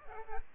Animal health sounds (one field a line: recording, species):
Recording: mosquito wingbeat signal from an infrared sensor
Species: Aedes aegypti